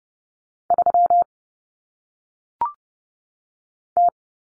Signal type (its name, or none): Morse code